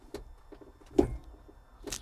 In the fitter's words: i'm going to make sure my bucket's on the ground and then you you can i want you to listen and see if you can hear that click so